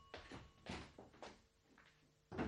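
A door is opened with a rapid series of dull clunks and rattles, like a latch and wooden panel knocking, ending in a louder thump; no one speaks.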